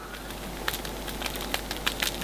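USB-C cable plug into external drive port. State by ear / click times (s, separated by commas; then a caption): not seated / none. A USB-C cable plug is pushed into the port of a different external drive, over a steady background hiss with a few brief, faint ticks scattered through the clip. The plug does not click or seat; it stays loose in the port.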